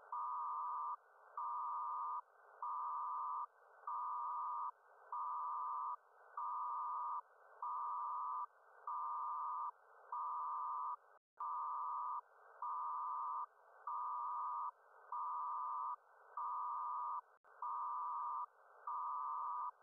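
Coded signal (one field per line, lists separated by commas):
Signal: HF data modem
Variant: PACTOR-II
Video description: Decoding a PACTORII transmission.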